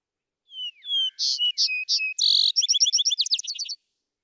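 Vesper sparrow song: two clear whistles, several buzzy paired notes, a harsh burst, then a fast, rattling trill of short repeated notes to finish.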